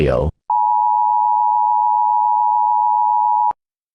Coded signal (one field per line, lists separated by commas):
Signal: Emergency Alert System (SAME) tones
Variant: 853 and 960 Hz attention tone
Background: speech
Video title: EAS Scenario Sins: REVIVED - EPISODE 1: RISING HEAT